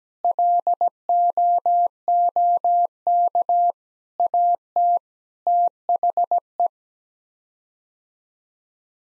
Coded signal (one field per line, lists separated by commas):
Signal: Morse code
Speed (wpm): 17 wpm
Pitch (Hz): 700 Hz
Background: none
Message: LOOK AT THE